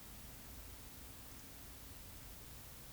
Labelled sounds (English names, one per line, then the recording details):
Eurasian Woodcock whistle
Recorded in Baden-Württemberg, Germany, on 10 May 2021 at 19:48 UTC
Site 24606, 635 m above sea level